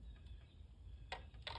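A 1/4 inch drive torque wrench tightens the ignition coil bolt on the plastic coil of a 2011–2016 Chrysler Town & Country engine to 96 inch-pounds (8 foot-pounds), kept light because the coil is plastic. Over a low steady hum, a sharp tick sounds at 1.1 s, then the wrench clicks once at 1.5 s, reaching torque with no re-bump since that would only add torque.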